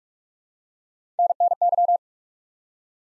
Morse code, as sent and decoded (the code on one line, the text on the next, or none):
-. -. -.--
NNY